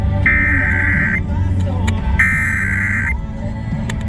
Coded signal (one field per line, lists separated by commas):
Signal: Emergency Alert System (SAME) tones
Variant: header bursts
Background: speech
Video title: National Periodic Test | EAS #76 & 77